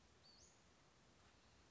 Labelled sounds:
Western Flycatcher
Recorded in Sonoma County, California

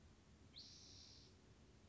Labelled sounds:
Spotted Towhee
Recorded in Sonoma County, California

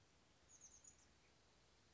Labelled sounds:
Oak Titmouse
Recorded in Sonoma County, California

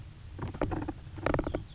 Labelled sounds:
Oak Titmouse
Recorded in Sonoma County, California

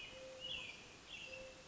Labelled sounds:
Mourning Dove
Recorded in Sonoma County, California

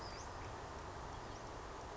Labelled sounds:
Western Flycatcher
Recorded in Sonoma County, California

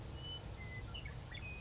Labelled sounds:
Western Meadowlark
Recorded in Sonoma County, California

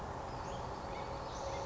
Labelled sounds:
Western Flycatcher
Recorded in Sonoma County, California

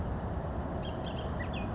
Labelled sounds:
Bullock's Oriole
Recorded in Sonoma County, California

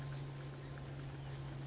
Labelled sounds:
Oak Titmouse
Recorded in Sonoma County, California

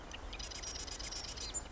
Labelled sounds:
Marsh Wren
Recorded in Sonoma County, California

